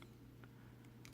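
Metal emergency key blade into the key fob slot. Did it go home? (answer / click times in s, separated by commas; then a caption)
no / none. A metal emergency key blade is being handled and guided toward its slot in a plastic Infiniti Intelligent Key fob. Faint, brief ticks and taps sound over a steady low hum. Nothing has seated or clicked into place yet.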